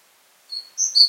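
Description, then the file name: Great tit giving quick high-pitched whistled notes, one steady note then two brighter ones close together, against near silence. "Parus major"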